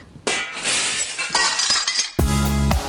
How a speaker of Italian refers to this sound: No, aspetta, non lo fare! Se rompi lo specchio sono 7 anni di sfiga. Vabbè, che peggio di così.